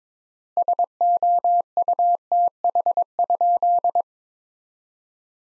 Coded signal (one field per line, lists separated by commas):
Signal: Morse code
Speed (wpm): 22 wpm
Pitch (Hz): 700 Hz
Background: none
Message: SOUTH?